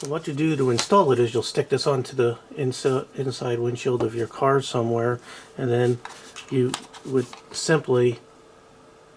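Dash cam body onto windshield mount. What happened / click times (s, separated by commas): No seating click yet; the mount has not clicked on / none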